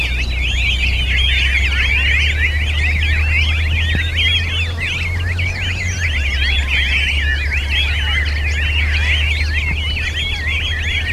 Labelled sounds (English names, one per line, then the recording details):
Tristram's Starling song
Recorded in the wild
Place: Totes Meer, IL
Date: 1984-03-17
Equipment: Halbspur, 9,5 cm/s
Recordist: Lütgens, Hans